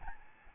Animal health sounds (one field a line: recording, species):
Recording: mosquito wingbeat signal from an infrared sensor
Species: Aedes albopictus